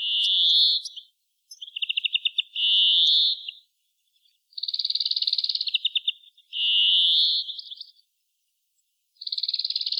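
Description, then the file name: European greenfinch singing a steady run of buzzy drawn-out wheezes and quick rattling trills, one phrase after another with brief gaps. "Chloris chloris"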